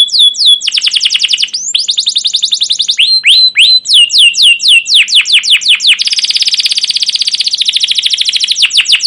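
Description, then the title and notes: Canary song: fast, continuous series of high descending whistled notes and rapid trills, shifting between tours, with a dense buzzy rolling trill near the end before a final run of descending notes. Caged canary song used as a lure and tutor recording for training young canaries to learn the sound; described as long continuous chirping song, 'cuit cuit ngerol'. "CUIT CUIT NGEROL LANGSUNG GACOR PANJANG Kenari Ini AMPUH Utk Pancingan KENAR. PANCINGAN Kenari GACOR PANJANG Cuit CUIT EMOSI ini AMPUH utk MASTERAN Kenari PAUD belajar BUNYI. burung kenari"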